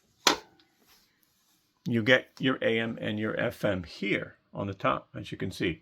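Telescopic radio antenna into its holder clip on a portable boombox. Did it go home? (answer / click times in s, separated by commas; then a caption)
yes / 0.3 s. The plastic AM/FM telescopic antenna on a retro Aiwa boombox is folded back down and snaps into its holder clip with a sharp click at 0.3 s, locking into place. After a short pause, someone talks.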